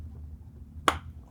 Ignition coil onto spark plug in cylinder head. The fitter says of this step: and you'll hear that snap in there